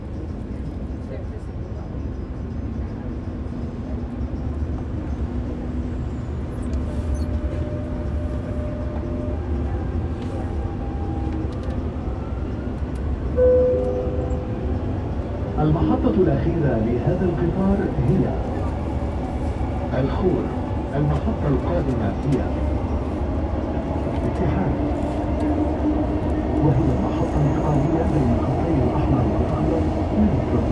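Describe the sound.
A metro ride with a steady low rumble and hum running throughout, a faint tonal whine drifting in the background. Around the fifteen-second mark voices and clatter rise, and the second half stays busier and a little louder with scattered knocks and chatter.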